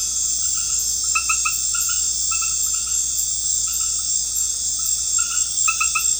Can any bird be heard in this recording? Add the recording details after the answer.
no. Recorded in pastures near Puerto Asís, Putumayo, Colombia, on 13 March 2025 at 21:00. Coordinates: 0.502, -76.324. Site GP07